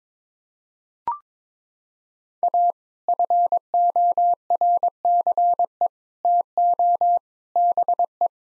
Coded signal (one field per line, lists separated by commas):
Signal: Morse code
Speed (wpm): 22 wpm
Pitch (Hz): 700 Hz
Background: none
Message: A FORCE TO BE